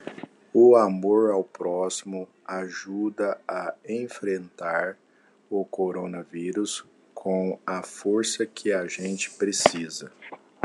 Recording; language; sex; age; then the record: spoken sentence; Brazilian Portuguese; male; 40 to 49 years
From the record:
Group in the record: control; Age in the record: 41 years